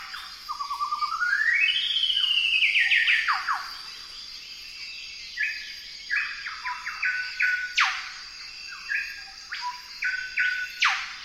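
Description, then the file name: Golden whistler singing: a long series of whistled notes rising in pitch and then levelling, followed by short whistled phrases punctuated by loud sharp whipcracks. "golden whistler bird singing"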